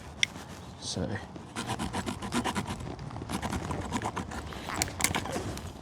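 The liner lock on the metal blade of a Nextorch Pioneer multitool is pressed to release it, and the blade folds back into the handle, closing with a single sharp snap at 0.2 s. Someone talks afterward over soft handling and rubbing noises, with a few lighter clicks near the end. The blade lock is released and the blade is closed.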